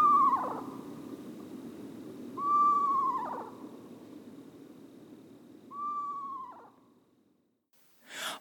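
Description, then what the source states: Eastern Screech Owl repeating a quavering, descending whistle three times, a few seconds apart, then silence and a brief sharp sound at the very end. Very tiny owl, common in forests, supremely camouflaged, nests in cavities and rarely seen; calls described as eerie.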